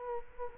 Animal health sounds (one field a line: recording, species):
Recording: mosquito wingbeat signal from an infrared sensor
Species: Culex quinquefasciatus